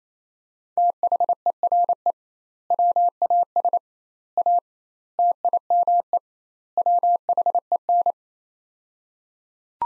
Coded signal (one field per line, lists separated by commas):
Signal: Morse code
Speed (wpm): 27 wpm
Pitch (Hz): 700 Hz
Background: none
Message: THERE WAS A TIME WHEN